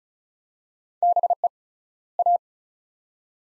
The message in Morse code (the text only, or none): BE A